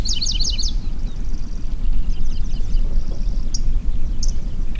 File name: Golosa ptic - Pevchij sverchok Locustella certhiola